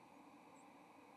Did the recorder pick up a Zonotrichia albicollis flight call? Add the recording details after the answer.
no. Another species' flight call is heard. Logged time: 09:51 on 30 October 2014